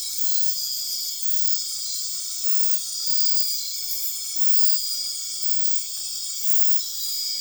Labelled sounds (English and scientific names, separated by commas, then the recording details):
none
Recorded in dense forest near Puerto Asís, Putumayo, Colombia, on 18 February 2024 at 00:30
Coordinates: 0.502, -76.326
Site G6460